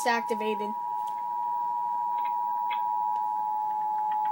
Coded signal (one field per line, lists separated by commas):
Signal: Emergency Alert System (SAME) tones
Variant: 853 and 960 Hz attention tone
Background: speech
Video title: REAL EAS 446-Severe thunderstorm warning